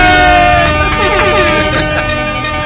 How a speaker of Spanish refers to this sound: Es que voy a poner bocina.